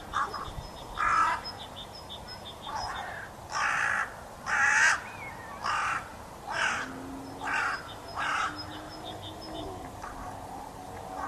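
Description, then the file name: Carrion crow giving a series of harsh, hoarse caws, spaced roughly a second apart. "Corvus corone"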